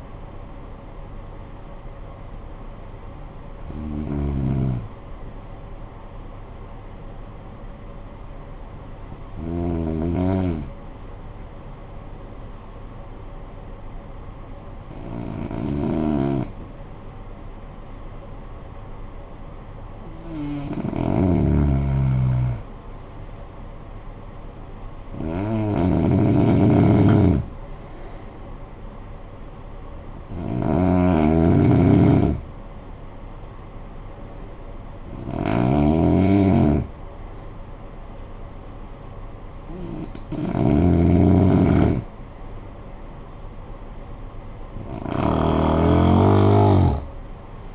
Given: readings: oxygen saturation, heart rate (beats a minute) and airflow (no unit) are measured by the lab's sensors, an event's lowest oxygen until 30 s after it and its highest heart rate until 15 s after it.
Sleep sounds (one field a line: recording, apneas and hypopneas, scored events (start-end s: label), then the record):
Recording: breathing in sleep by a smartphone at the bedside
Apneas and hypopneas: 1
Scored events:
8.00-21.70 s: hypopnea (N1, oxygen 97% highest, then 90% lowest, heart rate 50 at the start, 61 highest)
33.00-47.75 s: new sleep stage, N2 (light sleep)
From the record:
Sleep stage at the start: N1 (lightest sleep)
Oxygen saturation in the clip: 90 to 97%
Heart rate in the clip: 49 to 61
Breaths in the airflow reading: 9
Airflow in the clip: -12.7 to 9.7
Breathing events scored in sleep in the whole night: 445 in 7.6 hours asleep